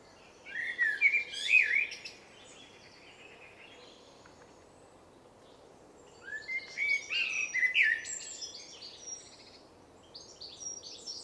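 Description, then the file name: Eurasian blackbird singing two separate phrases, each a warbled fluting start that breaks into high, scratchy twittering, with a quiet gap of several seconds between them, and the start of a third at the end. "Turdus merula"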